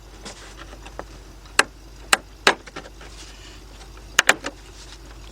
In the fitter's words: and they snap into place